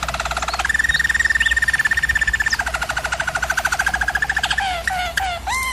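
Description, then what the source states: German Roller canary pouring out fast, throbbing rolls that shift in pitch, ending with a few slurred whistled notes. German Roller canary singing, from a canary training video.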